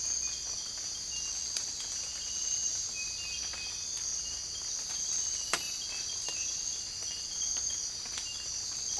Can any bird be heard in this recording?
no